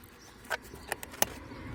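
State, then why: Seated. An OBD diagnostic adapter is pressed firmly into the diagnostic socket under the fuse box of a Fiat Albea 1.3 Multijet, after first lighting up without being fully seated. Several short taps and knocks are heard at about 0.5, 0.9 and 1.0 s, followed by the loudest, sharpest click at 1.2 s. The adapter is confirmed pushed fully home and seated, since lit lights alone are not enough.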